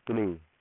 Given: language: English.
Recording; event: throat vibration sensor signal played as sound; speech